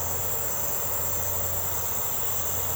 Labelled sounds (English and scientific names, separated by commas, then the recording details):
none
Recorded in secondary vegetation near Puerto Asís, Putumayo, Colombia, on 21 March 2025 at 01:30
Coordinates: 0.468, -76.324
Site G059